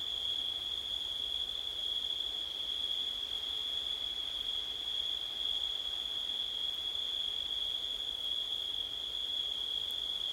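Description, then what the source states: Steady high cricket trilling runs without pause, flat in pitch and volume, with a faint click or two near the end. Night in September, with wind.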